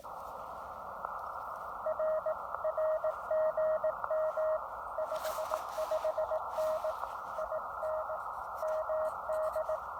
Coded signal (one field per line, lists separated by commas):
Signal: Morse code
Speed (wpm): 18 wpm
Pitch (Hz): 630 Hz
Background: none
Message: R R GM 55N IN MD